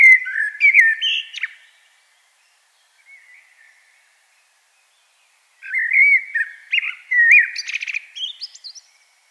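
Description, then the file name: Common blackbird song: a fluty warbled phrase with a scratchy twittering end, a quiet gap with a soft note, then another mellow phrase finishing in high chatter. "Turdus merula"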